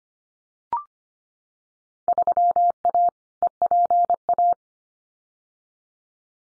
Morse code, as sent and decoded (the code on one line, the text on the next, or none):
...-- .- / . .--. .-
3A EPA